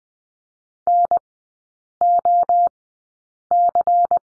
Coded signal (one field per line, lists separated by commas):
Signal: Morse code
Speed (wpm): 20 wpm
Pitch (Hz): 700 Hz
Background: none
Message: NOC